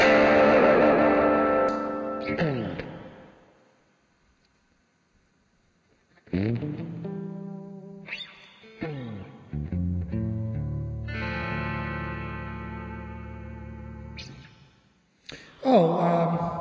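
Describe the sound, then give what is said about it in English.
Sustained, distorted musical tones drenched in a heavy reverb effect, with long washy tails that ring out and fade into near-silence between loud bursts, as the reverb is being turned down. “Hold on, let me try to downsize this reverb a little bit.”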